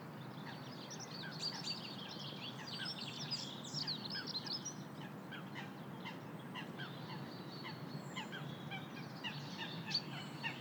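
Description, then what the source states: Birds chirping and singing together, many short high chirps and trills overlapping throughout, over a steady low rumble of background noise. Birds singing in a city.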